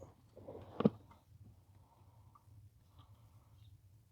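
A brake light switch is pushed into the hole in the brake pedal mounting bracket of a 2006 Mazda 3 2.3 (which will not shift out of park) and turned back until it snaps into place. Two sharp clicks sound at 0.8 s and 0.9 s over a low, steady hum, with a few faint handling noises before and after. The switch is seated in the pedal mount.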